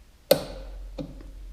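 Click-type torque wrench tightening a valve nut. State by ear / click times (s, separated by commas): torque reached / 0.3 s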